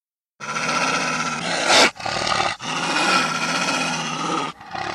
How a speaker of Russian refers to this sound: Волк, стоявший впереди, зарычал, показал свои громадные зубы. Я не стал ждать продолжения и пустил в него две пули, одну за одной. Тварь зарычала, опрокинулась на снег. Рычание начало сменяться визгом, да таким, что уши закладывало.